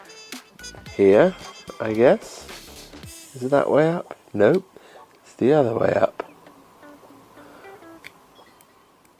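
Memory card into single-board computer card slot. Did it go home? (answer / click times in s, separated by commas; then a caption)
yes / 8.1 s. Someone talks while working out which way up the memory card holding the OS build goes, then pushes it into the card slot of an Orange Pi 5 Plus single-board computer (32G, two 2.5G ports). A short, sharp click at 8.1 s marks the card latching firmly in place.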